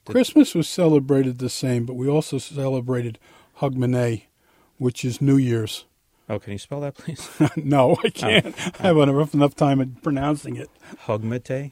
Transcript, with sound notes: Christmas was celebrated the same, but we also celebrated Hogmanay, which is New Year's.
Oh, can you spell that, please? (Laughs)
No. I can't -I have a rough enough time pronouncing it.
Hogmatay?